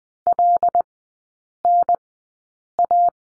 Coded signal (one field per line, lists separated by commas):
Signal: Morse code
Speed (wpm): 20 wpm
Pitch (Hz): 700 Hz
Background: none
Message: LNA